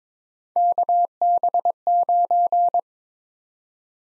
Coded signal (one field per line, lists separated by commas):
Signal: Morse code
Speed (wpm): 22 wpm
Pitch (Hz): 700 Hz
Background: none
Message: KB9